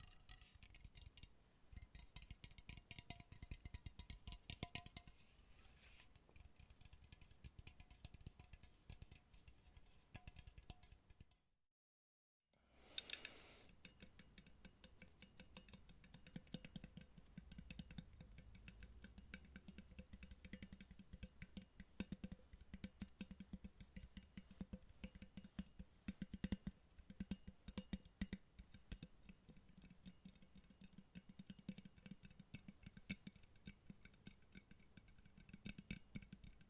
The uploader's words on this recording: ASMR Tapping To Help You Sleep (No Talking).